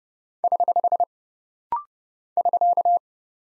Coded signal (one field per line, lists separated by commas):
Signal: Morse code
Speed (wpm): 28 wpm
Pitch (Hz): 700 Hz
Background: none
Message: <HH> <SK>